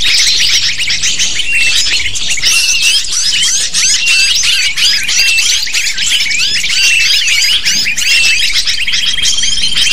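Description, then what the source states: Many lovebirds chatter at once, a busy, unbroken mass of sharp squeaky chirps and squawks that stays loud and even from start to finish. Lure recording (pikat) used to attract lovebirds.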